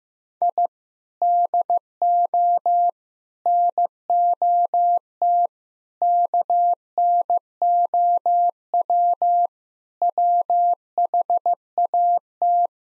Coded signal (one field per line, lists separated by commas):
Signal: Morse code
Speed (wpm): 15 wpm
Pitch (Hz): 700 Hz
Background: none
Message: I DO NOT KNOW WHAT